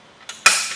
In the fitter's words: till it clicks into place